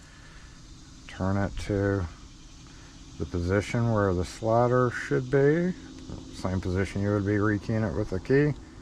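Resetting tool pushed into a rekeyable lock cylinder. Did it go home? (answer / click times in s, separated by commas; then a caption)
no / none. A resetting tool is handled at a metal rekeyable lock cylinder that has been turned to the rekey position, ready to be pushed in until it clicks. Someone talks throughout over a faint steady background hiss. Nothing has seated or clicked yet.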